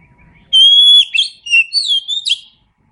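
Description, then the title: Oriental magpie-robin delivering a long steady whistle, then several swooping, slurred notes in a short, lively phrase. "Kacer Gacor"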